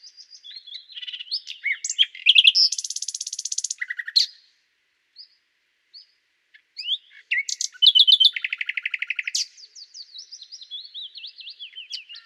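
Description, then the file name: Common nightingale singing varied phrases, with a loud buzzy rapid trill, a pause of a couple of seconds, then more mixed notes, another fast rattling run and quick descending notes. "Luscinia megarhynchos"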